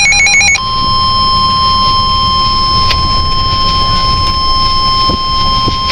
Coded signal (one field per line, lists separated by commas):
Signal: Emergency Alert System (SAME) tones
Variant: 1050 Hz attention tone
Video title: PDS TORNADO WARNING!!! EAS #4